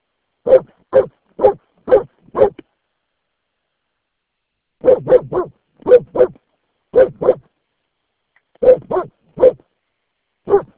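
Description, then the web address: Dog barking in runs of several sharp barks separated by short pauses, then a final lone bark; no other sounds. "Santra. taperan koirat"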